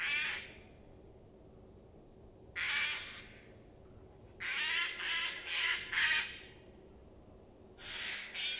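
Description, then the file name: Eurasian jay calls in hoarse, grating bursts: two single calls, then a tight group of four and a final pair, separated by short quiet gaps. "Garrulus glandarius"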